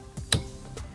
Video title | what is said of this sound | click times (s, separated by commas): 2008-2019 Toyota Highlander Windshield Wiper Replacement | Heard a click, that means it's good to go. | 0.3 s